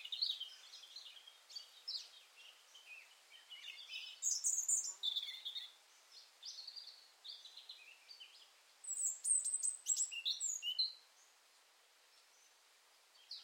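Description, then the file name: European robin song: a rambling string of varied high warbled and twittering phrases, some thin and sharp, with a few short gaps, stopping abruptly about two seconds before the end. "Erithacus rubecula"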